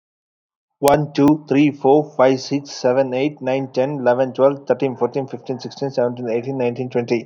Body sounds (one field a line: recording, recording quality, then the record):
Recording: counting at a fast pace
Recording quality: excellent, no background noise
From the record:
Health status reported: COVID-19 positive, mild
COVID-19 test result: positive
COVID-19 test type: RT-PCR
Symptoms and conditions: cold, sore throat, fever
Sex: male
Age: 24 years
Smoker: no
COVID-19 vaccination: both doses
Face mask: not worn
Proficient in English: no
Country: India